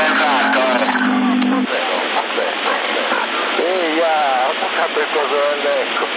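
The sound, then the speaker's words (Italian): A voice crackles over a CB radio transmission in Sassari, Italy, in June 2020, with an echo effect, thin and band-limited over a steady hiss, with a brief buzzing tone at the start. “Cazzo, mi pare la giostra, quando dice nuovo giro, nuova cosa, anche tu ti sei fatto medicare con l'eco.”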